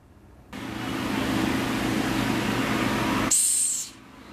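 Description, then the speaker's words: Madagascar hissing cockroach giving a long, steady, breathy hiss of nearly three seconds, followed by a brief high thin whistle-like tone. Played back on radio; described as a big cockroach that hisses. "The Madagascar hissing cockroach. You want to have a listen to it, Tom?"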